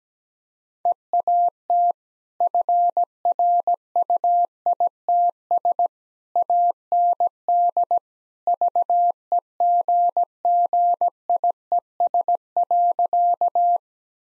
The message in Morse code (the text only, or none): EAT FRUITS AND VEGGIES.